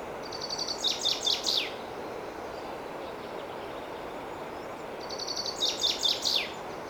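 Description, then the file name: Common chaffinch singing two phrases several seconds apart, each a run of high notes finishing in a descending flourish, against constant hiss. "Fringilla coelebs"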